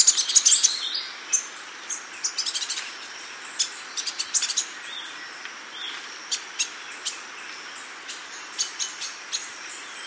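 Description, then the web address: Metallic-green tanager calling: a burst of very high, thin chirps and twitters, then scattered high notes and short chipping series. Ecuador, South America. "Natures Songs S America Birds of Ecuador Metallic-green Tanager"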